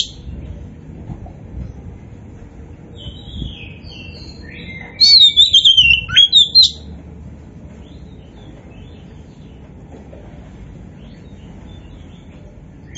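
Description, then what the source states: Oriental magpie-robin singing one loud, wavering whistled phrase with rapid clipped notes midway, surrounded by faint background noise. Indonesian variety kacer poci, described as gacor, singing vigorously.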